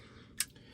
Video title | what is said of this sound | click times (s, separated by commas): AirBRITE Installation | Once you hear that snap, this is securely in place. | 0.4 s